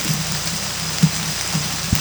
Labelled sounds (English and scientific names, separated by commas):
none